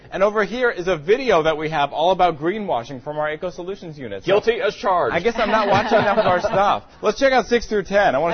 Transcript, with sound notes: And over here is a video that we have all about greenwashing from our eco-solutions unit.
Guilty as charged.
(LAUGHTER) I guess I’m not watching enough of our stuff. Let’s check out six through 10.
OK.